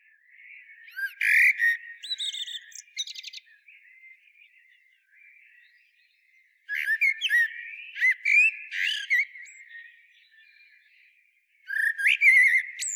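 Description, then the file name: Common blackbird singing several rich, warbled phrases mixed with high, squeaky twittering, separated by pauses with softer notes. "Turdus merula"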